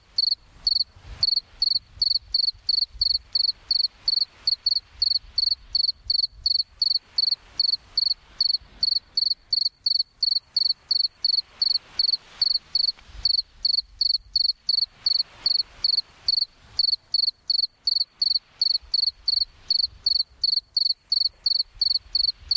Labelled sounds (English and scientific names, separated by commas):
Two-spotted Cricket (Gryllus bimaculatus) stridulation